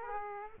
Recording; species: mosquito wingbeat signal from an infrared sensor; Aedes aegypti